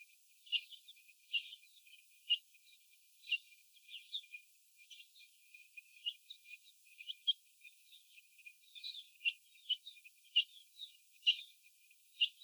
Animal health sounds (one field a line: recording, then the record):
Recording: young laying hens in a cage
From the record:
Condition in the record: before the stressor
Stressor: sudden umbrella opening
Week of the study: 2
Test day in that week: 1